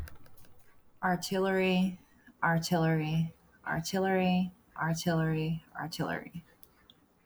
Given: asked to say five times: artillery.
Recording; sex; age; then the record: repeated word; male; 30 to 39 years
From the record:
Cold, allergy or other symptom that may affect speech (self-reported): no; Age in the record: 31 years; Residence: Virginia, United States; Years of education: 12